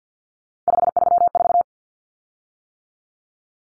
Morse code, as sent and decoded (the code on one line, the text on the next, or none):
..... ...-- ....-
534